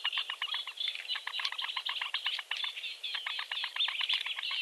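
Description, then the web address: Eurasian bittern chicks giving a steady, busy chorus of short chirps, closely spaced and uneven in rhythm, with no pause. "suono del cinguettio dei pulcini del tarabuso maggiore"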